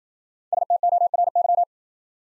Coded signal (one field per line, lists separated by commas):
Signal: Morse code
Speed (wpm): 51 wpm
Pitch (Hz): 700 Hz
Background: none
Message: STORY